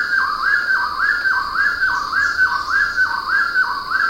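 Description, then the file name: Bird giving a run of stepped whistles, each climbing then falling, about eight in quick regular succession, with a steady high hum behind. "SABIOD 50 bird 2015"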